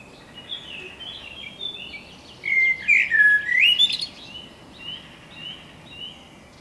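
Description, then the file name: Eurasian blackbird with a loud warbling whistled phrase midway, amid fainter whistled phrases. "Turdus merula"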